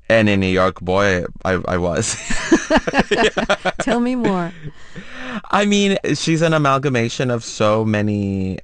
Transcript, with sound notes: And in New York, boy, I was.
(LAUGHTER)
Yeah.
Tell me more.
I mean, she's an amalgamation of so many